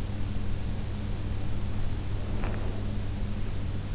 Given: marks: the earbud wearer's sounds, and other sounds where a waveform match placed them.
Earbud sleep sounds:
sounds in sleep by an in-ear microphone; breath
2.11-3.11 s: breath

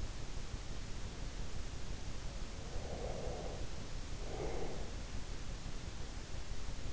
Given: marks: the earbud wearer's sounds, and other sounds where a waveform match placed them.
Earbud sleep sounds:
sounds in sleep by an in-ear microphone; breath
2.58-5.12 s: breath

